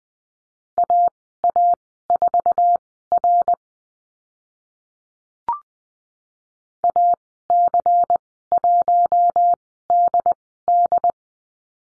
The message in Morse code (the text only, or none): AA4R AC1DD